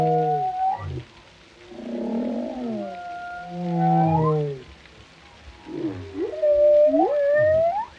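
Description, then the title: Whale moans: falling harmonic tones and a low groan, then a pair of sharply rising upsweeps near the end. Whale vocalizations including moans, resonant calls and songs, for relaxation. "Soothing Symphony of the Deep: Captivating Whale Sounds for Relaxation"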